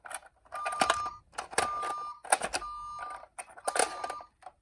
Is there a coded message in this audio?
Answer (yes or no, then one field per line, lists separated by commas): no